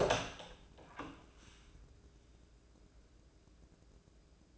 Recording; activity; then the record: daily activity, microphone in the room; open door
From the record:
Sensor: 2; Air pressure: 1012.2 hPa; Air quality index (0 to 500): 161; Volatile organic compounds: 2 ppm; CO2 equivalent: 1174 ppm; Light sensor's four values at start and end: 447/1119/456/482 and 445/1112/453/479